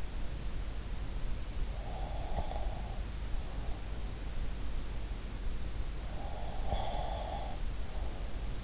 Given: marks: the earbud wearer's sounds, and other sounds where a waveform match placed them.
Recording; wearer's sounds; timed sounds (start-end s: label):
sounds in sleep by an in-ear microphone; breath
1.78-4.11 s: breath
6.21-8.64 s: breath